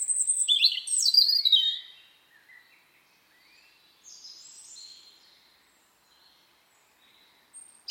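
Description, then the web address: Bird song, a quick burst of high sweeping notes falling in pitch, followed by soft faint twitters and a brief loud note at the very end. "Deverinetal 2025"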